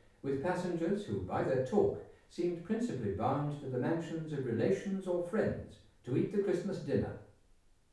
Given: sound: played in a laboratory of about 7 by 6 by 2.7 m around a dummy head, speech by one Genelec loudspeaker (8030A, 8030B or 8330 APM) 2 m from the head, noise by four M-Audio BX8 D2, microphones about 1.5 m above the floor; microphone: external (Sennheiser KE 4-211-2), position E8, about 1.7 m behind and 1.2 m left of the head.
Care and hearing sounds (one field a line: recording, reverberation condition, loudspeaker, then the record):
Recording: male speech in English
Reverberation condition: medium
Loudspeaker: 120 degrees to the right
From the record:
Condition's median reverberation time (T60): about 510 ms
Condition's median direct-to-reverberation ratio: about -0.5 dB